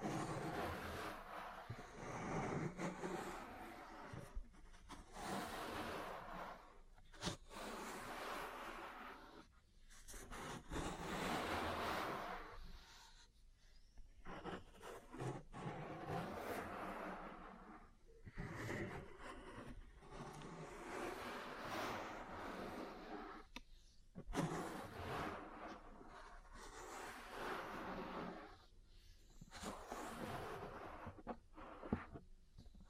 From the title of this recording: Ear Cleaning, Massage, Cupping, Tapping